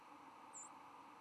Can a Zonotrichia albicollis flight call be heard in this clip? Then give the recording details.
yes. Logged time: 09:16 on 10 November 2014